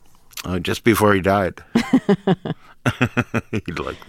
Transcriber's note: laughter